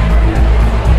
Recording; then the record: background sound without coughing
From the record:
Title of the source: Party Noise 1 Hour Party Ambience